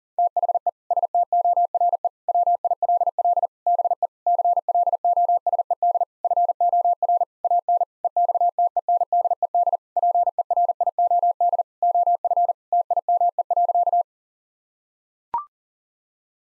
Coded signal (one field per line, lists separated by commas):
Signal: Morse code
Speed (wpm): 40 wpm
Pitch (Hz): 700 Hz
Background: none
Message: THE STORE WILL BE CLOSED FOR AN EXTENDED PERIOD OF TIME.